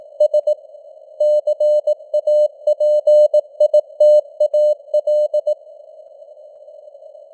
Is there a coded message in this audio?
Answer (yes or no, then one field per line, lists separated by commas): yes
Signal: Morse code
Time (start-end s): 0.2-5.5 s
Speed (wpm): 18 wpm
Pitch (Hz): 600 Hz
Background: none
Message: S CAPITAL